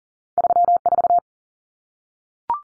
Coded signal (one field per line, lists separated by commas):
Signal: Morse code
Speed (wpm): 40 wpm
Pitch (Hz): 700 Hz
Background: none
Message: 34